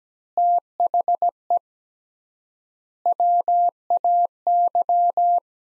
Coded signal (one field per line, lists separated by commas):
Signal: Morse code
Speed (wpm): 17 wpm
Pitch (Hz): 700 Hz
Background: none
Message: THE WAY